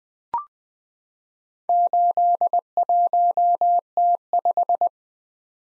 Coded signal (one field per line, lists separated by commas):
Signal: Morse code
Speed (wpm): 20 wpm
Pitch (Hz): 700 Hz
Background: none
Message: 81T5